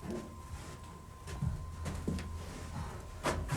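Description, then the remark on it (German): A door in an old house converted into a factory is opened, with several dull clunks and rattles spread over a few seconds above a steady low hum. No one speaks. “Mach die Tür auf und geht da rein.”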